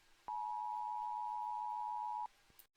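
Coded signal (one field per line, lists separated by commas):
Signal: Emergency Alert System (SAME) tones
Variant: 853 and 960 Hz attention tone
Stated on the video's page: Fictional EAS scenario alert about a containment breach, issued nationwide across the USA.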